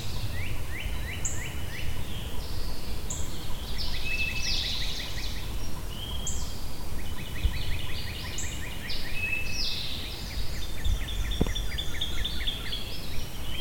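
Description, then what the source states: Birds sing in a busy chorus, with fast chirped trills, high whistles and slurred phrases repeating throughout, backed by low steady rumble. Birds recorded at Shawnee.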